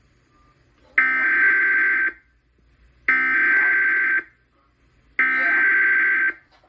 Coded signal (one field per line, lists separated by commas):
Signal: Emergency Alert System (SAME) tones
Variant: header bursts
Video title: Severe Thunderstorm Warning on WPOZ FM (EAS #166)